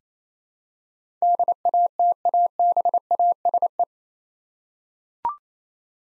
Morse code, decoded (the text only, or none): DATABASE